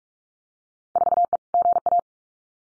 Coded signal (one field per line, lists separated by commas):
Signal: Morse code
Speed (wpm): 46 wpm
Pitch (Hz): 700 Hz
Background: none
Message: 4E GA